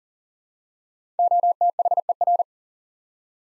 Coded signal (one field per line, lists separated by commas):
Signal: Morse code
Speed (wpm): 40 wpm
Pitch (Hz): 700 Hz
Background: none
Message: OTHER